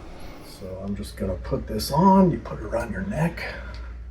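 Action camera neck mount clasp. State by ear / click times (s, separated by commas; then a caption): not seated / none. Someone talks while handling a plastic neck mount for an action camera, placing it around the neck. The clasp has not snapped into place yet, and no click is heard.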